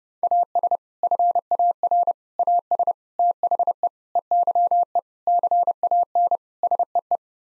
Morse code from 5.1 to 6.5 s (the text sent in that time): CAN